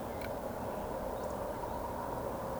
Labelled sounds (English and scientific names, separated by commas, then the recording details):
Eurasian Woodcock (Scolopax rusticola) whistle
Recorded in Baden-Württemberg, Germany, on 24 June 2020 at 20:00 UTC
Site 14569, 102 m above sea level